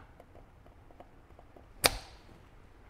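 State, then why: Seated. A circlip installation tool pushes a steel wrist-pin circlip into its groove in the piston of a two-stroke scooter cylinder kit, with faint ticks before one sharp, bright metallic snap at 1.9 s that briefly rings out. The circlip is properly seated in the groove, its opening at the top and unscratched.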